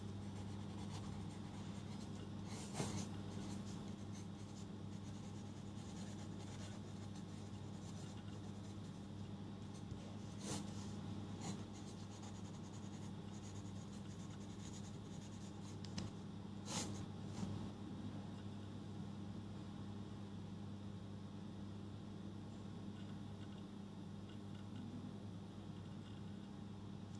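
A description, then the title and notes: Pen scratching and rubbing on paper over a steady low hum, with brief sharp taps or page sounds near 3, 10, 11 and 17 seconds. Going through my notes and re-writing stuff.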